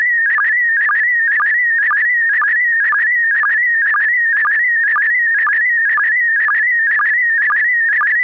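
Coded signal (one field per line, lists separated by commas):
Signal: SSTV (slow-scan television)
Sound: warbling tone around 1.5-2 kHz with regular short low blips, repeating about twice a second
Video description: Use MMSSTV (Windows), Robot 36 (Android), QSSTV (as in the video, Linux) or one of the SSTV programs/apps for Apple to decode the audio yourself.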